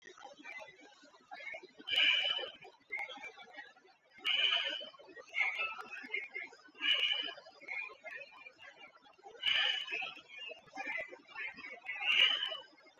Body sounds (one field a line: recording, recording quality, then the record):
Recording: deep breathing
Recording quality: excellent, no background noise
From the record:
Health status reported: COVID-19 positive, mild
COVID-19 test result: positive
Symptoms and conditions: cough, breathing difficulty, sore throat, fever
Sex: male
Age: 35 years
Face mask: not worn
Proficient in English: yes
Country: India